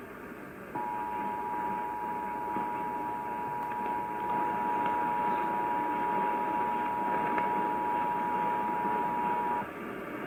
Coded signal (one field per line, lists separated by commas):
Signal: Emergency Alert System (SAME) tones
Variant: 853 and 960 Hz attention tone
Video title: Denver CO Required Monthly Test (EAS #879)